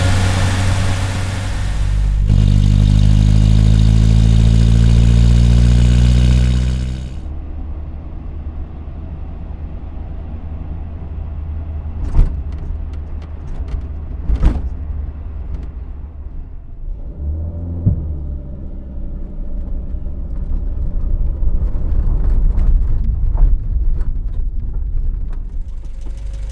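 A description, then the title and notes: A vehicle roars loudly for the first seven seconds, its engine pitch rising, then cuts off abruptly. What follows is a quieter low idle rumble with sharp clicks and knocks around 12, 14 and 18 seconds, swelling slightly near the end. MAFX006 Dacia 1310 vehicle sfx library.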